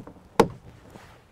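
A plastic door trim panel is pushed down into place on a truck door after the speaker wiring is reconnected. A faint tap near 0.1 s is followed by one sharp, loud click at 0.4 s, then quiet handling noise. The click confirms that the panel has seated.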